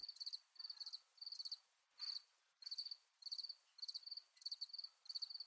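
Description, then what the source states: Cricket chirping in short pulsed trills, about one or two bursts each second, in a steady high-pitched rhythm. Crickets chirping at night.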